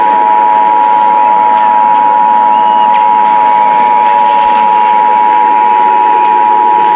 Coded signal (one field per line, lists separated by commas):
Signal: Emergency Alert System (SAME) tones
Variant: 853 and 960 Hz attention tone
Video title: EAS TEST 3